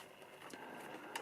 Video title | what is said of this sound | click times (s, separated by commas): DeAgostini Build Your Own R2D2 Issues 87 and 88 - The Sarcasm Is Strong In This One | does that sound and it's made a nice click | 1.2 s